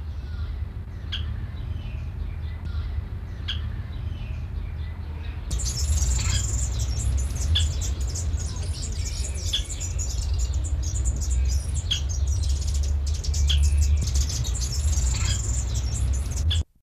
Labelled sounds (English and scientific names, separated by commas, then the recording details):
Oriental Pratincole (Glareola maldivarum) call
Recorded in captivity
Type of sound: call
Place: Zoo Kopenhagen, DK
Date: 1970-06-30
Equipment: Halbspur, 9,5 cm/s
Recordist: Lütgens, Hans
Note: Rufe